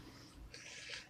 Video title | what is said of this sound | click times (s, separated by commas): JLab GO Air JBuds Truly Wireless Bluetooth Ear Buds Review | and you got to take them out take a man you put it back in and it just clicks back in | 0.5 s